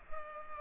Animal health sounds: mosquito wingbeat signal from an infrared sensor; Culex pipiens

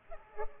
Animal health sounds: mosquito wingbeat signal from an infrared sensor; Culex pipiens

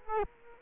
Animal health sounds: mosquito wingbeat signal from an infrared sensor; Culex quinquefasciatus

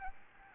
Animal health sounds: mosquito wingbeat signal from an infrared sensor; Anopheles arabiensis

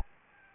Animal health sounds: mosquito wingbeat signal from an infrared sensor; Anopheles gambiae

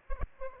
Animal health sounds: mosquito wingbeat signal from an infrared sensor; Aedes aegypti

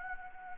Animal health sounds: mosquito wingbeat signal from an infrared sensor; Anopheles gambiae

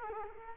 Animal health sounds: mosquito wingbeat signal from an infrared sensor; Culex quinquefasciatus

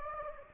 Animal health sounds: mosquito wingbeat signal from an infrared sensor; Anopheles gambiae

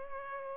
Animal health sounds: mosquito wingbeat signal from an infrared sensor; Culex pipiens

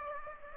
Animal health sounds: mosquito wingbeat signal from an infrared sensor; Aedes aegypti

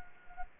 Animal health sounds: mosquito wingbeat signal from an infrared sensor; Anopheles gambiae

